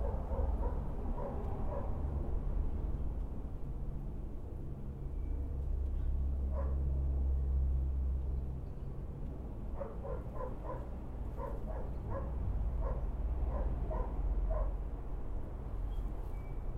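A backyard with a steady low rumble of traffic or trains underneath, swelling louder between about four and eight seconds. The neighbor's dog barks in short runs near the start, again around six seconds, and in a regular series from ten to fifteen seconds.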